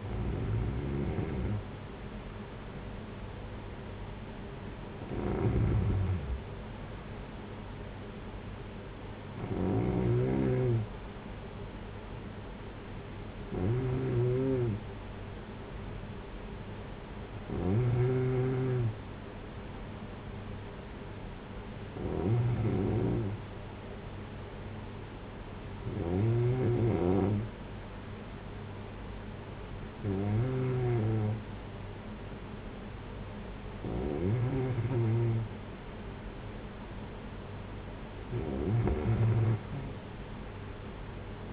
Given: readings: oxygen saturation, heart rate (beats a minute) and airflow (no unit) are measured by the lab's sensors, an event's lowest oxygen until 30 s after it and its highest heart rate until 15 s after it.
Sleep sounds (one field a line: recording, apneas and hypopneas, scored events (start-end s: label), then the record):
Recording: breathing in sleep by a voice recorder at the bedside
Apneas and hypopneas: none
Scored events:
none scored
From the record:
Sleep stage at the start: N2 (light sleep)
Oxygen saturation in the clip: 93 to 94%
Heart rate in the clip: 54 to 59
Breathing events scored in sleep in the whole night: 226 in 8.8 hours asleep